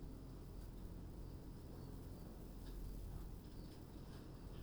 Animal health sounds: poultry house recording; no chicken sound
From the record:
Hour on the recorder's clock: 21

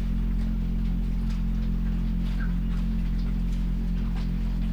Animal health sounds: poultry house recording; sick chickens (respiratory disease)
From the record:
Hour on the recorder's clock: 0

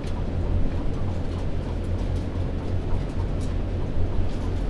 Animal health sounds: poultry house recording; healthy chickens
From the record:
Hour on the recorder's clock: 22

